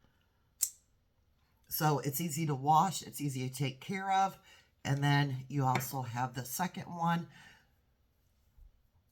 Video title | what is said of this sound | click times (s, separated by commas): Review of AKUMAKA Model Number 209DK. | Can you hear that click? | 0.6 s